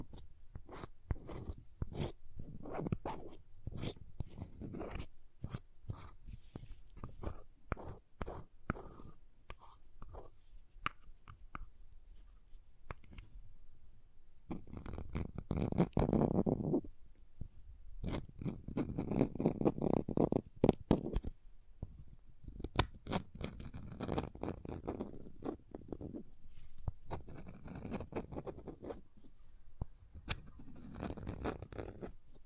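Crayons tap, scrape and carve in a dense run of short clicks and scratches, scattered unevenly throughout. Around 15–17 and 19–21 seconds the sound thickens into louder, low, grinding strokes, like steady drawing or cutting, before sparser tapping returns.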